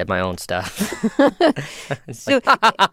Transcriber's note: soundbite of laughter